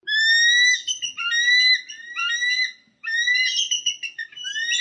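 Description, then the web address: Eagle squawking: high, thin, piercing notes with rising slurs, given in rapid runs and broken by one short pause midway. Squawking excitedly. "Lynne Music One-Eagle-And-One-Vulture-Squawking-Excitedly"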